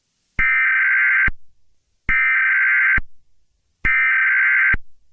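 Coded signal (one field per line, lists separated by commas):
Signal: Emergency Alert System (SAME) tones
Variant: header bursts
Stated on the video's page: Simulated EAS scenario depicting a cyberattack.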